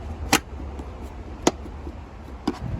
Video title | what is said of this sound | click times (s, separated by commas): FUSE BOX LOCATION ON A 2002 - 2006 HONDA CR V | make sure it clicks | 0.3 s, 1.5 s